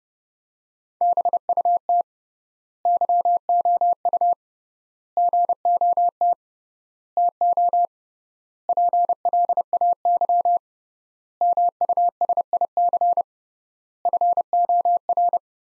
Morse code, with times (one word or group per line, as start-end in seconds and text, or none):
1.0-2.0 BUT
2.9-4.3 YOU
5.2-6.3 GOT
7.2-7.8 TO
8.7-10.6 PLAY
11.4-13.2 MUSIC
14.1-15.4 FOR